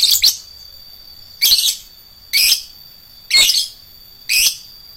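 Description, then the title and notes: Lovebird calling with loud, shrill, buzzy chirps repeated roughly once a second. Adult fighter lovebird. "#4. LOVEBIRD FIGTER. Lovebird Dewasa"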